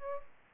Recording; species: mosquito wingbeat signal from an infrared sensor; Aedes aegypti